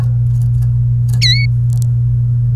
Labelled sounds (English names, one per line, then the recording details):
Domestic Canary song
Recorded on 29 April 2018 at 11:28
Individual llb3